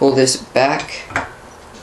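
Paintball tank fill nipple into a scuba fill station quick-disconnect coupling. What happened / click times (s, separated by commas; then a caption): The metal fitting is handled but has not clicked home yet / none. Someone talks while a paintball tank's metal fill nipple is handled at a scuba fill station's quick-disconnect coupling, with its collar pulled back. Brief metallic handling sounds come through, and the nipple has not yet clicked or seated in the coupling.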